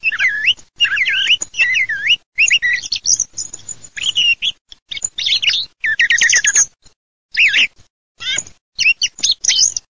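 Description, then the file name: Thrush singing varied phrases of looping, rising and falling whistles with quick trilled notes, broken by short silences, over a low steady hum. "TORDO"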